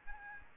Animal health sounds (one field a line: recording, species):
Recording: mosquito wingbeat signal from an infrared sensor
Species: Aedes albopictus